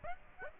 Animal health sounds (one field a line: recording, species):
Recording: mosquito wingbeat signal from an infrared sensor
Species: Aedes aegypti